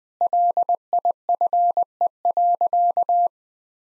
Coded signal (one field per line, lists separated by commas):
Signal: Morse code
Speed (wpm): 20 wpm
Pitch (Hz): 700 Hz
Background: none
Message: LIFE.